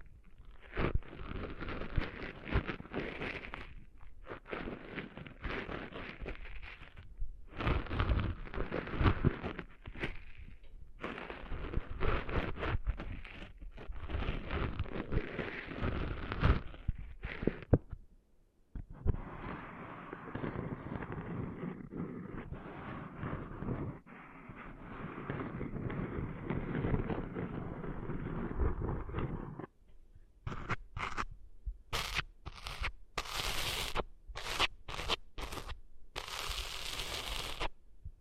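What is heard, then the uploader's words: Close rustling and scraping of cleaning sand out of ears, in dense bursts, a steadier rub midway, then sharp bright crackles near the end. ASMR Cleaning Sand Out of Your Ears (No Talking).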